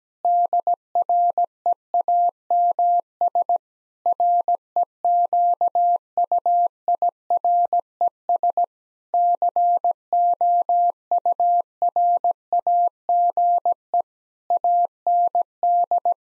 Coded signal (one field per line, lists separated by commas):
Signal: Morse code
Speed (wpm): 17 wpm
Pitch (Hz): 700 Hz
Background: none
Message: DREAMS REQUIRES COURAGE AND